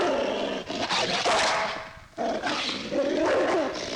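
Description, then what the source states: Dog snarl, two harsh growling bursts with a short gap near the middle. Dog snarling and attacking.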